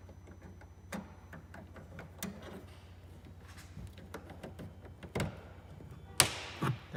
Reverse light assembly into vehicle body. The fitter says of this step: it goes, you heard it click in, so that's locked in place.